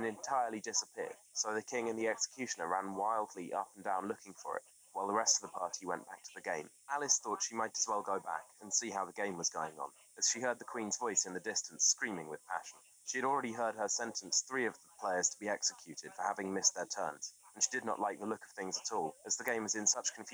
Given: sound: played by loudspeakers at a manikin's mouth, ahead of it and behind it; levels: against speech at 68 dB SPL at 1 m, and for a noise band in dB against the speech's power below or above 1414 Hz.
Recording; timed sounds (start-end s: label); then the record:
test signals for a remote microphone
0.00-20.34 s: man speaking, babble ahead at +6 dB SNR for speech at 1 m
From the record:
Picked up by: remote microphone C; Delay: 23 ms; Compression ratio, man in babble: 1.37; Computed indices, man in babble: HASPI 0.990, HASQI 0.225 (non-linear 0.266, linear 0.842), ESTOI 0.695